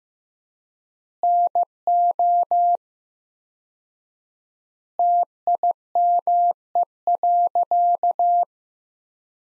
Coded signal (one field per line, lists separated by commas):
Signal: Morse code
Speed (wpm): 16 wpm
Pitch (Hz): 700 Hz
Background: none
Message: NO TIME.